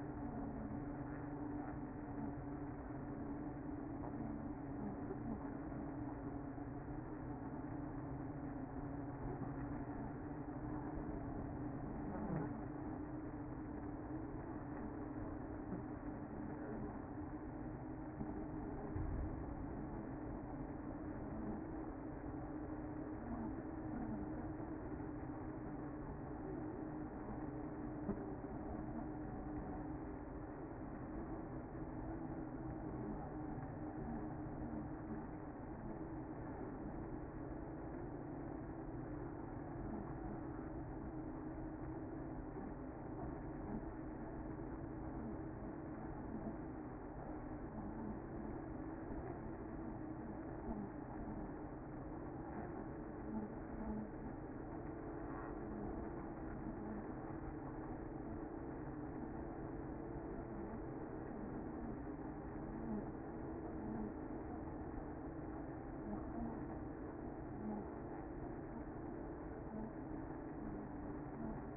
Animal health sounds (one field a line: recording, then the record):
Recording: honeybee colony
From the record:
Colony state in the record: active